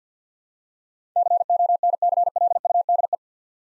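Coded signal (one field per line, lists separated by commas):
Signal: Morse code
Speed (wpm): 50 wpm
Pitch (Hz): 700 Hz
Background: none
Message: CONCLUDE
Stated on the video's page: Computer-generated head-copy drill of eight-letter words at 50 wpm, each sent in Morse, spoken, then sent again.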